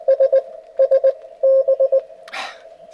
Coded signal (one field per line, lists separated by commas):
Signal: Morse code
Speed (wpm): 22 wpm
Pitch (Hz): 560 Hz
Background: none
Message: S S B